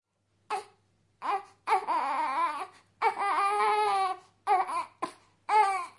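Repeated bursts of high-pitched, tonal crying from a two-week-old baby, some short and some sustained for about a second, separated by brief breath pauses. An ordinary newborn cry.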